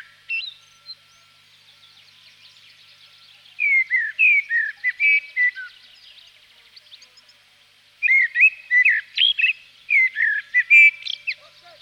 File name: chernyy drozd